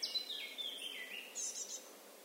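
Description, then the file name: Eurasian blackcap giving a short, high warbled phrase that slides downward and then rises again near the end. "Sylvia atricapilla"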